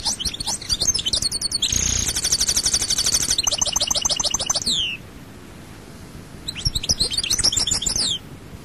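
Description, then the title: European goldfinch delivers a fast tinkling song with a rattling buzz and descending slurs, pauses briefly, then resumes with another twittering burst. "Chant Chardonneret"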